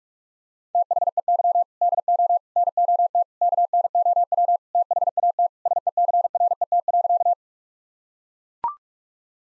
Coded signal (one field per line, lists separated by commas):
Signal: Morse code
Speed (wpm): 41 wpm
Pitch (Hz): 700 Hz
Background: none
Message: THEY DO NOT KNOW THAT SECRET.